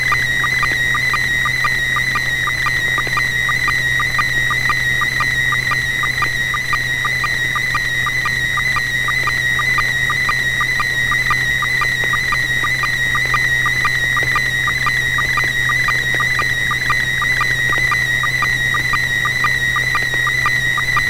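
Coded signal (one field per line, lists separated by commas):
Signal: SSTV (slow-scan television)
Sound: steady high whistle with rapid rhythmic ticking blips, slightly distorted, continuous throughout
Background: low electrical hum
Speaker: all right so bob if you're ready with a photo would you go right ahead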